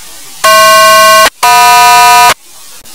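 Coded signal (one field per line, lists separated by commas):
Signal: aircraft SELCAL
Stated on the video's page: Quik call tone audio from Motorola Minitor pagers.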